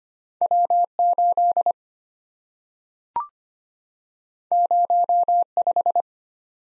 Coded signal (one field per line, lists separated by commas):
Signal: Morse code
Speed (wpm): 25 wpm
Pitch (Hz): 700 Hz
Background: none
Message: W8 05